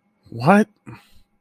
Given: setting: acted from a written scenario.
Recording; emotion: vocal sound without words; confusion